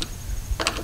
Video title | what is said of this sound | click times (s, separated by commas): How To Fix A Sticking Door | Same thing here, just keeps on spinning. | none